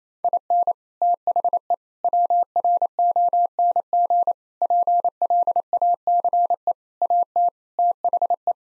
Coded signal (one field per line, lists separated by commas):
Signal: Morse code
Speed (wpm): 28 wpm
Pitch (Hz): 700 Hz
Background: none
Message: IN THE WRONG PLACE AT THE